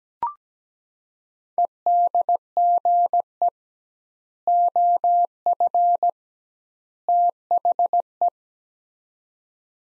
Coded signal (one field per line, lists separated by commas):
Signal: Morse code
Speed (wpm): 17 wpm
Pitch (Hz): 700 Hz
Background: none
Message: EDGE OF THE